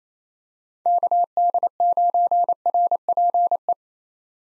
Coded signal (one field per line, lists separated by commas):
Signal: Morse code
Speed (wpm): 28 wpm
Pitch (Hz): 700 Hz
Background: none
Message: KD9RPE